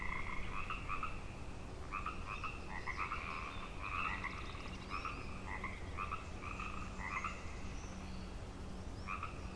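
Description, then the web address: Frogs croaking in a chorus of repeated trilled bursts above a steady low hum. Frog chorus on Grafton Lake, 3 May 2009. "The Frog Chorus Tunes Up On Grafton Lake"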